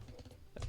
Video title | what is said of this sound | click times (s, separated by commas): Hand Cam - 6-5-2024 | that clicks into place. | 0.6 s